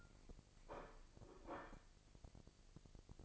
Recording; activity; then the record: daily activity, microphone in the room; place plate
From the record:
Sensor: 5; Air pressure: 1007.6 hPa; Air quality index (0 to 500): 92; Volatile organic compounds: 1 ppm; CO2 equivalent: 720 ppm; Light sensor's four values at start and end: 31/73/29/30 and 31/73/29/30